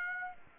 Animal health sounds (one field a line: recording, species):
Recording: mosquito wingbeat signal from an infrared sensor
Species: Aedes aegypti